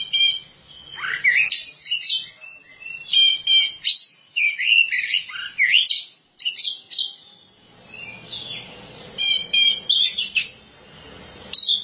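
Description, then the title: Oriental magpie-robin singing a long varied song of loud repeated chirps, trills and whistled phrases in quick bursts with short pauses between. Kacer song. "Suara Kicauan Burung Kacer Durasi Panjang"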